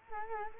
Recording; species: mosquito wingbeat signal from an infrared sensor; Culex quinquefasciatus